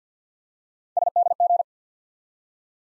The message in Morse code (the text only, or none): SDG